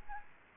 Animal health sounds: mosquito wingbeat signal from an infrared sensor; Aedes aegypti

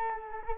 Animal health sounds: mosquito wingbeat signal from an infrared sensor; Culex quinquefasciatus

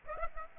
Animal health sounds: mosquito wingbeat signal from an infrared sensor; Aedes aegypti

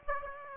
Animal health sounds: mosquito wingbeat signal from an infrared sensor; Aedes aegypti

